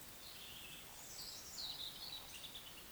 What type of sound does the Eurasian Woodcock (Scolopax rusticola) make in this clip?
whistle, croak